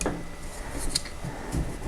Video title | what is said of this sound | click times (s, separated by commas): Assembly of 09923 Badger Basket Folding Double Doll Front-to-back Stroller | push that on, and you're going to hear it click, and that's when you know it's in. | 1.0 s